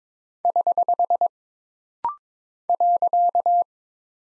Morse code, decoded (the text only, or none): <HH> .